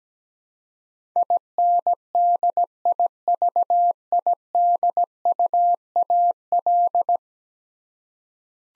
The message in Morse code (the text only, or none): INDIVIDUAL